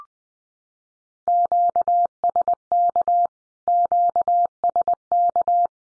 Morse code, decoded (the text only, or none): QSK QSK